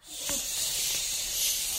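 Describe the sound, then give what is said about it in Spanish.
A steady, hissing whoosh of storm wind rushes on without a break for nearly two seconds, bright and fairly loud, with no talking over it. “Atravesar la tormenta.”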